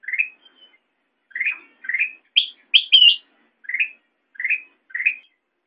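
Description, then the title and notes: Sooty-headed bulbul giving spaced, rising chirped notes, with a few sharper, higher notes in the middle. Intended as masteran, training audio for songbirds. "suara burung kutilang buat masteran"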